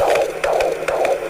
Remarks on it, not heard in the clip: To record the heartbeat of our baby. The heartbeat of your child in the womb.